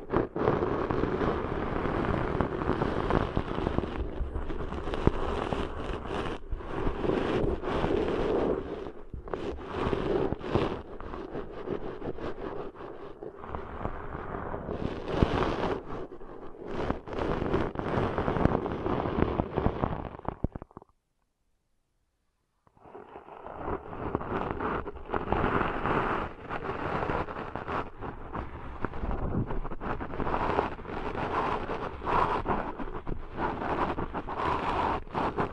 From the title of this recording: Deep 3D Ear Cleaning Intense & Realistic